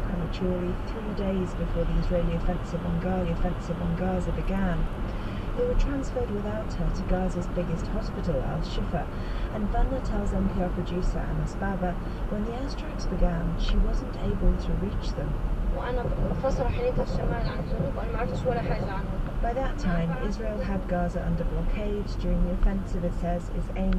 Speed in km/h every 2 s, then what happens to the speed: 66, 64, 64, 66, 63, 61, 61, 60, 56, 52, 48, 44.
0-7 steady at about 64. 7-24 slows to 44.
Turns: none.